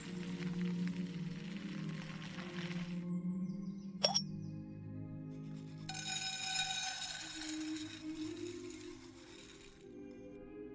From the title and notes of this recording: 19th century | Vintage kitchen ASMR Ambience | cooking with oldies playing. Granny is cooking in the kitchen while oldies music playing from living room.